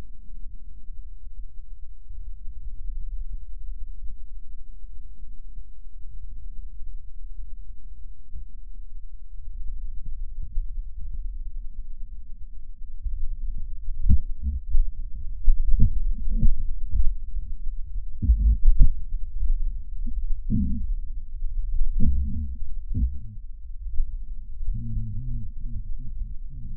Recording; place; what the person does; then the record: lung sounds by stethoscope; left posterior basal chest; quiet breathing, then cough and speech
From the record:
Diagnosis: pulmonary infection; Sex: male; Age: 69 years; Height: 184 cm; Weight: 115 kg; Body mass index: 34.0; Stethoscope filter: bell mode